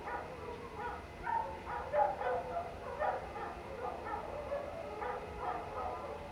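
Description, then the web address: Canines howling and yipping together, a few high wavering notes standing out near the middle, over a continuous rush of water. Pack howling into the night outdoors, late night, cold winter air, beside a man-made water fountain. "Omar Alvarado - Minimal ambiences ambience outdoors late night, cold winter air, pack of canine howling into the night and man made water fountain"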